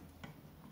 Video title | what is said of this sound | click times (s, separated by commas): Tutorial T23 508 V2 Magazin für Mankung Alligator und AngloArms 360 multishot Pistol Crossbow | lassen klack und dann sitzt | 0.2 s